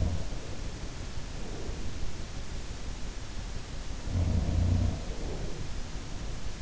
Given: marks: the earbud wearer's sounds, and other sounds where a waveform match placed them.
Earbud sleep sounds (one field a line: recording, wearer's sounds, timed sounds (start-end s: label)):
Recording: sounds in sleep by an in-ear microphone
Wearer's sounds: breath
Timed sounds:
0.00-0.28 s: sound from someone else or the room
0.35-2.31 s: breath
4.07-6.33 s: sound from someone else or the room
5.16-6.33 s: breath